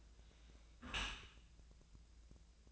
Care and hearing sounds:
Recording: daily activity, microphone in the room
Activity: close dishwasher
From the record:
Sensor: 2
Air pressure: 1000.4 hPa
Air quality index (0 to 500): 164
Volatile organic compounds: 3 ppm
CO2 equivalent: 1359 ppm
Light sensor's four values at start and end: 11/30/11/13 and 11/30/11/13

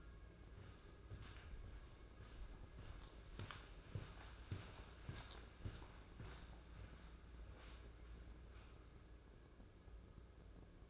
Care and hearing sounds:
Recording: daily activity, microphone in the room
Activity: walk to room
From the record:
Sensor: 2

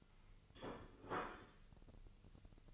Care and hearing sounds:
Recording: daily activity, microphone in the room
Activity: place plate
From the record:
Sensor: 4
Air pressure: 1008.3 hPa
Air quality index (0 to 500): 82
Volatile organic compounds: 1 ppm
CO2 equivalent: 650 ppm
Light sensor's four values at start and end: 12/29/11/11 and 12/29/11/11

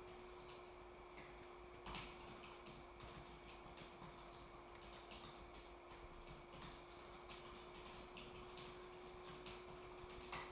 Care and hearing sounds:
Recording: daily activity, microphone in the room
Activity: typing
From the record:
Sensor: 1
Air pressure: 1004.5 hPa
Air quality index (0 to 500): 196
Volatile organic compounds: 17 ppm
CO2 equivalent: 2592 ppm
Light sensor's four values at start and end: 4/11/4/4 and 4/11/4/4

